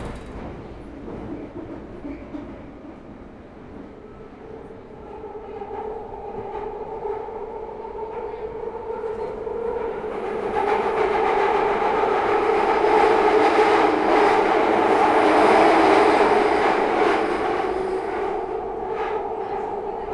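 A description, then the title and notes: An empty Underground train rolls along with a steady low rumble and a droning whine near 400 and 800 that rises in pitch from about five seconds. Past ten seconds it grows louder and brighter with rattling and hiss, easing slightly near the end. I recorded the sound of an empty Underground train and it made me feel a bit weird and spooky. I made sure I travelled late, about 10pm. My carriage was entirely empty for the entire journey from East Finchley to Bank. I decided to bring along a handheld recording device and sit there recording the noise.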